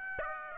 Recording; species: mosquito wingbeat signal from an infrared sensor; Aedes aegypti